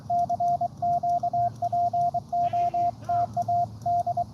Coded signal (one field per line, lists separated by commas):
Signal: Morse code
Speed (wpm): 23 wpm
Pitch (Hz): 700 Hz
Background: radio noise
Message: CQ POTA D